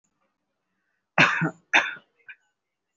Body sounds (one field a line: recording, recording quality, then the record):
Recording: heavy voluntary cough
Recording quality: excellent, no background noise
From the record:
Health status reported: recovered from COVID-19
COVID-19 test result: positive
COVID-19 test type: RT-PCR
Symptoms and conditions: cold, asthma, another condition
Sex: male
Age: 19 years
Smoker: no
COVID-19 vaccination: one dose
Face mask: worn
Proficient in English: yes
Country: India